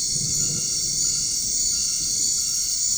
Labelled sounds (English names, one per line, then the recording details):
none
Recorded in dense forest near Puerto Asís, Putumayo, Colombia, on 13 March 2025 at 21:30
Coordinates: 0.485, -76.318
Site G056